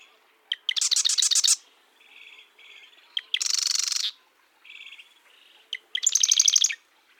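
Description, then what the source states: Marsh wren song: three loud bursts, each a brief introductory note followed by a rapid rattle or dense buzz, with soft notes between songs. Marsh wren with eastern genes singing mixed songs; North America.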